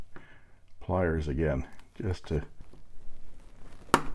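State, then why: Seated. Someone talks while the plastic feed of a disposable Pilot Varsity fountain pen, wrapped in rubber, is pushed with pliers down into the plastic pen body. A sharp click at 3.9 s marks the feed seating firmly in place.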